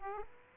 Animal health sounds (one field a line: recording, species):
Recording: mosquito wingbeat signal from an infrared sensor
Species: Aedes aegypti